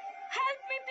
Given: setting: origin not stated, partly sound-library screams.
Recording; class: one-second piece from a danger detection set; woman in danger